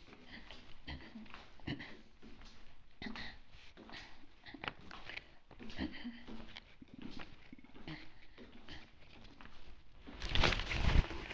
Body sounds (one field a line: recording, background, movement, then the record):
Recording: throat clearing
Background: quiet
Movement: walking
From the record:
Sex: female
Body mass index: 25.5 kg/m2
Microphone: on the chest, facing the body